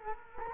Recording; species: mosquito wingbeat signal from an infrared sensor; Culex quinquefasciatus